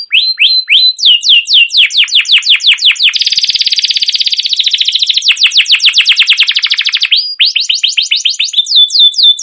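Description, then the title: Canary in long nonstop song: quick descending chirps run into a dense, buzzy rolling trill, then back to rapid chirping sweeps. Long, continuous rolling canary song, used as a lure to stimulate young canaries to sing and learn the sound. "CUIT CUIT NGEROL LANGSUNG GACOR PANJANG Kenari Ini AMPUH utk Pancingan KENARI PAUD BELAJAR BUNYI"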